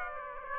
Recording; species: mosquito wingbeat signal from an infrared sensor; Aedes aegypti